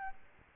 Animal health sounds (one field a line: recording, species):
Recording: mosquito wingbeat signal from an infrared sensor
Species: Aedes albopictus